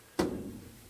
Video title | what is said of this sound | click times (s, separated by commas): Changing Your Humidifier Drum | so this tray wasn't seated all the way back it actually clips into the sides here when it's fully seated | 0.2 s